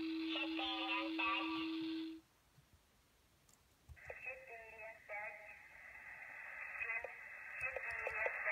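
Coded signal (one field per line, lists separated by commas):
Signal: numbers station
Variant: S06s Russian Lady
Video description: Der Zahlensender S06s, Russian Lady ist auf allen drei Empfängern gut hörbar.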